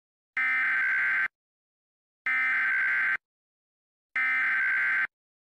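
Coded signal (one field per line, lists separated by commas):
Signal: Emergency Alert System (SAME) tones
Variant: header bursts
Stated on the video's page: Fictional EAS scenario.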